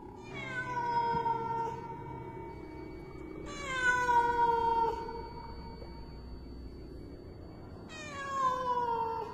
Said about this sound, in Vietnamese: Ra đến ao chùa, con mèo đứng đó nhìn chăm chăm xuống mặt nước, kêu lên những tiếng thê lương lắm.